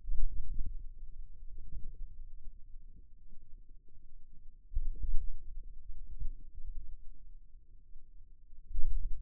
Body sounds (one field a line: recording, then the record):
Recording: forearm muscle sounds (acoustic myography)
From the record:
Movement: hand closing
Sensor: system 2, bracelet of six BSWA MPA416 microphones around the upper forearm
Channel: 1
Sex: male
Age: 22 years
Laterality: right